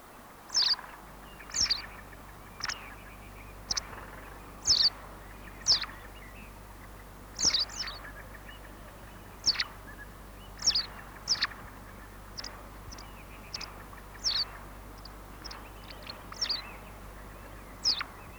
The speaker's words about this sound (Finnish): Kutsuääni on voimakas chilit. Itse laulu on vilkasta visertelyä. Visertelyn ohella voit kuulla teerien soidin ääniä.